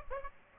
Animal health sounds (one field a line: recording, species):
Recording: mosquito wingbeat signal from an infrared sensor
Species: Aedes aegypti